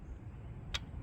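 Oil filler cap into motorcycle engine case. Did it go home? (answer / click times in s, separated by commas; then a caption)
yes / 0.8 s. An oil filler cap is turned backwards, in the unscrewing direction, against the engine case of a vintage barn-find Honda CL350 motorcycle before being threaded in. Over a low, steady background rumble, a single short, sharp click sounds at 0.8 s as the cap's thread start drops past the mating thread. This shows the threads are lined up, but it is only a thread-alignment click, not a final seat.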